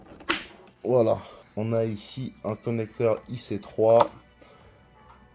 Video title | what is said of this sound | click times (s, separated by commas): E-flite DECATHLON RJG 1.2m - UnBoxing & Maiden Flight | bon on dira que c'est bon comme ça on va pas trop forcer l'appareil j'aimerais bien entendre le clip voilà | 0.3 s